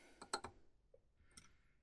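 A torque wrench set to 3.75 Nm, used for M4 screws with 2.5 mm hex sockets, tightens a screw into the carbon chassis plate of a 2025 GENIUS GTC8E. A few short ticks are heard, with the torque wrench's sharp click at 0.3 s showing the screw reached its set torque. There is no speech in the clip.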